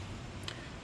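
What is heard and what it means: A fuel rail on a 1999–2005 Miata, being fitted as part of a standard supercharger kit install, is lightly pressed and rocked onto the fuel injector O-rings. A short, sharp pop at 0.5 s rises above steady low background noise. The rail has seated on the injectors.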